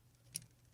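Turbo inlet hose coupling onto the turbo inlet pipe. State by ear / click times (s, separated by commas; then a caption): seated / 0.4 s. A turbo inlet hose coupling is pushed down onto the turbo inlet pipe. A single sharp click sounds at 0.4 s over a low steady hum, and the coupling is seated.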